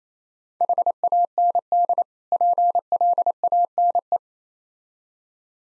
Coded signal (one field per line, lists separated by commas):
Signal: Morse code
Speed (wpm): 30 wpm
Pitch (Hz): 700 Hz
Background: none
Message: HAND PLANE